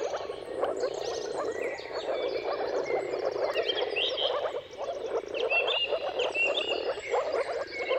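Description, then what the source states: Dense chorus of moor frogs giving soft gurgling calls without pause, with whistled and warbled bird song above. Mating calls of moor frogs in a chorus at sunrise, at the turn of March and April depending on the weather.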